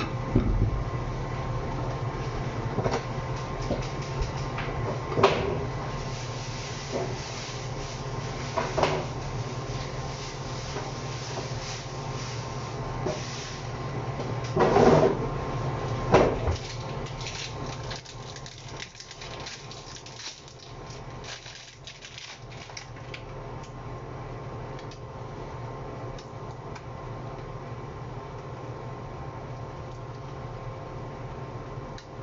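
Kitchen sounds of stir-frying chicken breast and vegetables: a steady low hum under a constant hissing sizzle. Sharp clacks of utensils ring out near 5, 9, 15 and 16 seconds, and after about 17 seconds the sound settles noticeably quieter.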